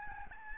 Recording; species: mosquito wingbeat signal from an infrared sensor; Aedes albopictus